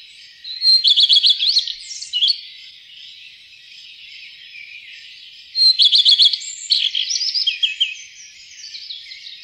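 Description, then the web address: Common redstart song: two phrases about five seconds apart, each starting with fast repeated high notes and ending in a scratchy, varied warble, over faint background twittering. "fuglelyder- roedstjert"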